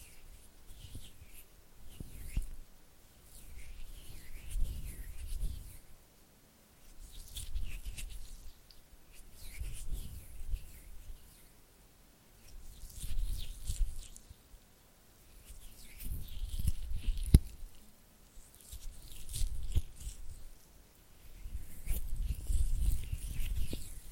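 Oily hand and flutter finger sounds: soft wet rubbing swells in repeated waves every few seconds, with a faint sharp tick near seventeen seconds.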